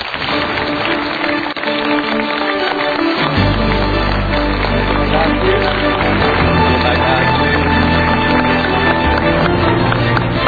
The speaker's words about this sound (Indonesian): Kita panggilkan guru, coach, pembimbing, mentor, sahabat, dan motivator, dan inspirator. Kita beri tepuk tangan untuk Bapak Mario Teguh.